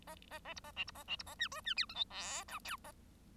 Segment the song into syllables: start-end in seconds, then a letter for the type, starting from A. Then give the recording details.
0.06-0.15 A, 0.30-0.39 A, 0.44-0.54 A, 0.56-0.60 B, 0.63-0.71 A, 0.76-0.84 C, 0.87-0.91 B, 0.94-1.03 A, 1.07-1.16 C, 1.18-1.23 B, 1.26-1.35 A, 1.39-1.48 D, 1.51-1.61 E, 1.65-1.74 D, 1.76-1.86 F, 1.89-1.95 G, 1.95-2.04 H, 2.10-2.44 I, 2.48-2.59 J, 2.64-2.76 K, 2.84-2.92 A. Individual Bird1